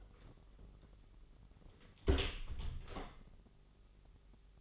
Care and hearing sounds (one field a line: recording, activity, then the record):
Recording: daily activity, microphone in the room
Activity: close door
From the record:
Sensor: 4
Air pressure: 997.0 hPa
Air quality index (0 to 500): 47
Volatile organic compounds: 1 ppm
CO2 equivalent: 775 ppm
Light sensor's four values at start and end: 17/40/16/17 and 19/45/18/19